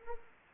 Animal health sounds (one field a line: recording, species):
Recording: mosquito wingbeat signal from an infrared sensor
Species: Anopheles arabiensis